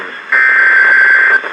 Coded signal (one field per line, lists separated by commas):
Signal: Emergency Alert System (SAME) tones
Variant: header bursts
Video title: Severe Thunderstorm Warning (EAS #1460-1461)